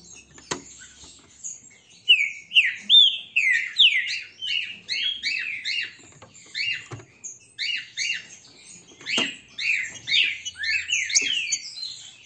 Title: Canto De Trinca Ferro Voz 08. ESSE CANTA FORTE, Trinca ferro PEITO DE AÇO